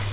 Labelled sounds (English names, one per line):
Yellow-rumped Warbler flight call